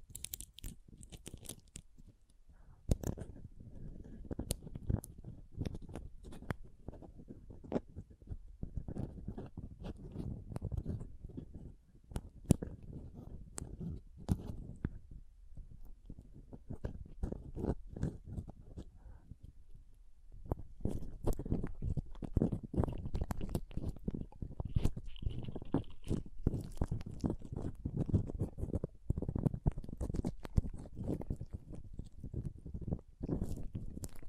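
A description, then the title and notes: Pom poms are squished and rubbed in a dense, crunchy rustle that scratches along almost without pause. The sound eases into a softer, sparser stretch around 14 to 20 seconds, then returns fuller and busier, with sharp crackling pops scattered throughout. ASMR Ultimate Pom Pom Tingles (No Talking).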